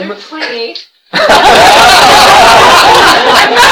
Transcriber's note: laughter